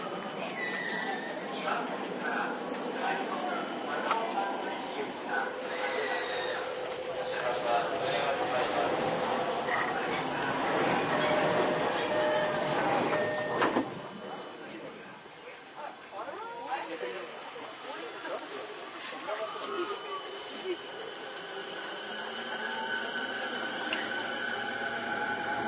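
A Toei Series 10-300 train running from Shinsen-Shinjuku toward Takaosanguchi, with a dense, steady rumble and rattle and voices mixed in for the first fourteen seconds. The noise then drops abruptly, leaving quieter running sound with speech continuing over it.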